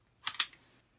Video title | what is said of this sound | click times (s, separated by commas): CAA - Mini Roni - first look / unbox + install | Okay, when I push it forward, it's going to click into place. Listen. | 0.3 s, 0.4 s